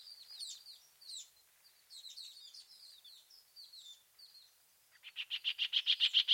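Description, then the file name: Bird song: varied high, scratchy twittering followed by a loud, regular run of repeated chirped notes that grow stronger. "chant oiseau"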